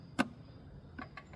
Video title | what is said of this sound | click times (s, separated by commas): Intake Manifold gasket replacement 99 - 06 Chevy Silverado | and just push it down. Make sure it's locked into place. Push this down. | 0.2 s